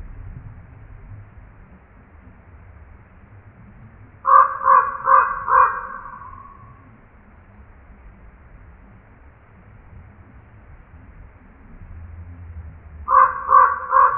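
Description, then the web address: Common Raven croaking calls, a quick burst of four hoarse, ringing croaks, then another burst of four about nine seconds later, over a low background rumble. Recorded on 4 January 2007. "Common Raven 2007 01 04"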